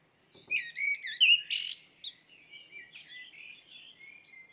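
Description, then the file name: Common blackbird song, a bright jumble of warbled and squeaky notes that trails into a longer, softer fluting passage. "Merel"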